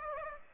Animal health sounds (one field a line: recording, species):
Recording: mosquito wingbeat signal from an infrared sensor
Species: Aedes aegypti